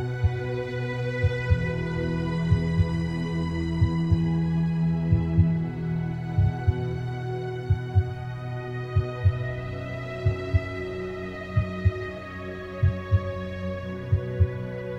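Slow, steady paired heartbeat thumps, about 47 a minute, over a continuous low droning hum.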